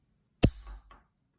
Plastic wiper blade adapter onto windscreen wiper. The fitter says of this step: on the actual windscreen wrapper with a circle on the adapter and then push down until you hear a click